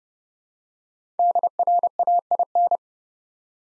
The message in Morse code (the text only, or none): DRAIN